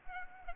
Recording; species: mosquito wingbeat signal from an infrared sensor; Aedes aegypti